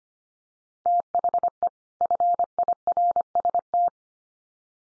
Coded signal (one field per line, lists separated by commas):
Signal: Morse code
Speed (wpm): 25 wpm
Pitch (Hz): 700 Hz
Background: none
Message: THE FIRST